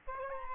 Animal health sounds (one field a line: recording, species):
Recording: mosquito wingbeat signal from an infrared sensor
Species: Aedes albopictus